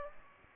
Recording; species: mosquito wingbeat signal from an infrared sensor; Aedes aegypti